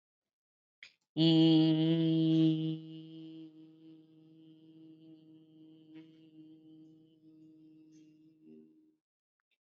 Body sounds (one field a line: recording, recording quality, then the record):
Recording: sustained vowel as in beet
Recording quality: excellent, no background noise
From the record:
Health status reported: COVID-19 positive, mild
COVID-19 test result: positive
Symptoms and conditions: cold, hypertension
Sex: female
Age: 39 years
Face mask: worn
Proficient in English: yes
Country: India